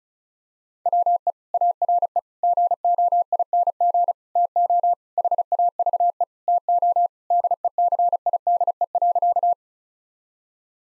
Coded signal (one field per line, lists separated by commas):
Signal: Morse code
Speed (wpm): 34 wpm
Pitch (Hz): 700 Hz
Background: none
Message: WE ARE GOING TO HAVE TO DECIDE.